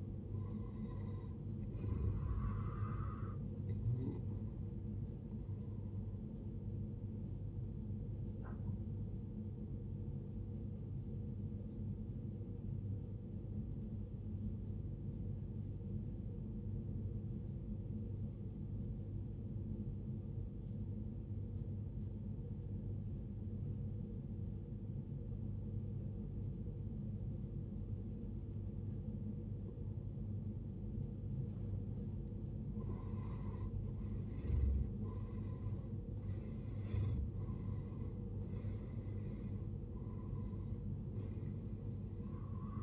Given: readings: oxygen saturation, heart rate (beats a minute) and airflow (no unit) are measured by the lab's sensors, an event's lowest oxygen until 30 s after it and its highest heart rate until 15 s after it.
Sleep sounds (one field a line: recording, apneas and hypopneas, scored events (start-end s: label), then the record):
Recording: breathing in sleep by a smartphone at the bedside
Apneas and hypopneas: 1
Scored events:
13.00-32.10 s: obstructive apnea (N1, oxygen 94% highest, then 77% lowest, heart rate 52 at the start, 79 highest)
From the record:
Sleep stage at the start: N1 (lightest sleep)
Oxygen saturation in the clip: 79 to 94%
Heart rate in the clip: 52 to 79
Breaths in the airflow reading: 6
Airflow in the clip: -14.7 to 16.5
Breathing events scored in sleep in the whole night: 389 in 6.3 hours asleep